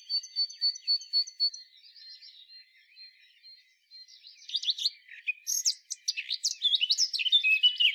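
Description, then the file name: Eurasian blackcap singing: evenly spaced sharp high notes repeated in a series, a quiet lull, then a loud, buzzy, jumbled warble building to the end. "Sylvia atricapilla"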